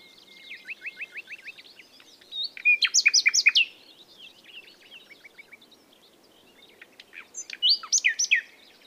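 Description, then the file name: Common nightingale singing: a rapid series of repeated sharp notes, then loud, rich, varied phrases, another repeated-note run and a final powerful phrase, with faint background noise. "Luscinia megarhynchos"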